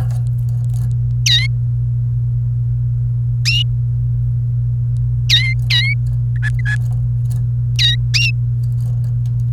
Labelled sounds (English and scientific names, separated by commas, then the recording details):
Domestic Canary (Serinus canaria) song
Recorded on 28 April 2018 at 10:45
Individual llb3